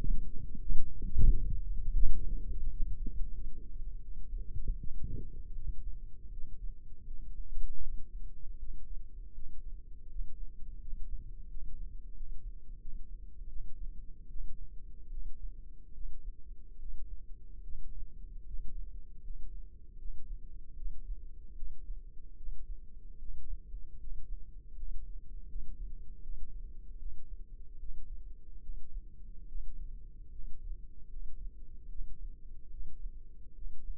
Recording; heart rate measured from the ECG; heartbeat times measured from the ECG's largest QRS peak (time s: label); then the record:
heart sounds by microphone in the left ear; 78 bpm
0.61 s: heartbeat
1.26 s: heartbeat
2.03 s: heartbeat
2.68 s: heartbeat
3.33 s: heartbeat
4.00 s: heartbeat
4.78 s: heartbeat
5.53 s: heartbeat
6.30 s: heartbeat
7.04 s: heartbeat
7.81 s: heartbeat
8.57 s: heartbeat
9.32 s: heartbeat
10.07 s: heartbeat
10.79 s: heartbeat
11.47 s: heartbeat
12.13 s: heartbeat
12.79 s: heartbeat
13.47 s: heartbeat
14.27 s: heartbeat
15.09 s: heartbeat
15.92 s: heartbeat
16.77 s: heartbeat
17.61 s: heartbeat
18.44 s: heartbeat
19.21 s: heartbeat
19.96 s: heartbeat
20.73 s: heartbeat
21.53 s: heartbeat
22.34 s: heartbeat
23.16 s: heartbeat
23.97 s: heartbeat
24.73 s: heartbeat
25.46 s: heartbeat
26.20 s: heartbeat
26.96 s: heartbeat
27.77 s: heartbeat
28.60 s: heartbeat
29.45 s: heartbeat
30.29 s: heartbeat
31.07 s: heartbeat
31.87 s: heartbeat
32.68 s: heartbeat
33.52 s: heartbeat
From the record:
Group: healthy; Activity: rest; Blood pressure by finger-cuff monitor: 102/56 mmHg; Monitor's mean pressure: 70 mmHg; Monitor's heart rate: 78 bpm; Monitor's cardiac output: 6.9 L/min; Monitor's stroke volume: 88 mL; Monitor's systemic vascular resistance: 750 dyn s/cm5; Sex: female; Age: 26 years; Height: 165 cm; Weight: 55 kg